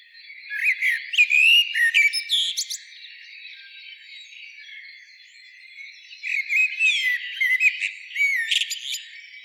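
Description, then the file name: Common blackbird delivering two warbling song phrases, rich fluty notes then sharp high squeaks, separated by a few quieter seconds. "Turdus merula"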